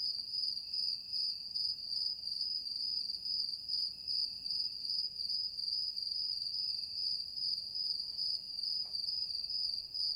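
Cricket giving a steady, piercing high chirp in quick even pulses, repeated over and over, with a couple of faint clicks in the background.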